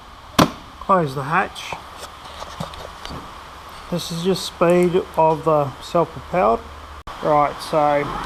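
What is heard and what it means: The plastic hatch over the battery compartment of a cordless lawn mower is closed and snaps shut with one loud snap at 0.4 s. Someone then talks for the rest of the clip, and the hatch is shut.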